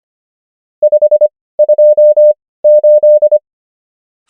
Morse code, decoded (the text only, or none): 528